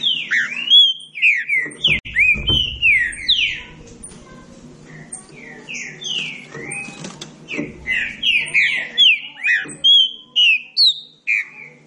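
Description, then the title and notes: Green-winged saltator whistling varied slurred notes in bursts, brief quieter gap, then a fast repeated run of clear downslurred whistles. Classic song style (canto clássico) of the green-winged saltator, used for training singing birds. "Canto Clássico Trinca Ferro TREINAMENTO. trinca fero"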